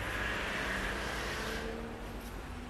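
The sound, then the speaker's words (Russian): An approaching car drones steadily at night: low engine rumble under broad road noise and a thin high whine, holding at a fairly even, moderate level with no voices. “Звук приближающейся машины вывел меня из дремоты.”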